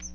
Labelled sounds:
Chestnut-sided Warbler flight call

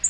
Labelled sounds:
Black-throated Green Warbler flight call

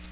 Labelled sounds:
American Redstart flight call

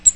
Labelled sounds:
Cape May Warbler flight call

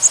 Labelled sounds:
Bay-breasted Warbler flight call

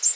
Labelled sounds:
Black-and-white Warbler flight call

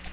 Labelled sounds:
Nashville Warbler flight call

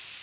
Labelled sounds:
Blackburnian Warbler flight call

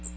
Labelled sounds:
Magnolia Warbler flight call

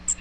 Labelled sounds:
Magnolia Warbler flight call

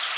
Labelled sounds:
Golden-cheeked Warbler flight call

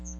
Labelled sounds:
Chestnut-sided Warbler flight call

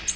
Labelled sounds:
American Redstart flight call

